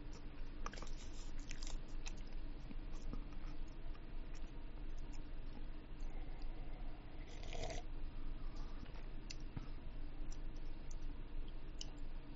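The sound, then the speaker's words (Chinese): Someone chews food right up against the microphone, with wet smacking and crunchy bites repeating steadily throughout, loud and textured with sharp clicks, and no talking. “即系唔中意听嘴嚼声，你快走啊！”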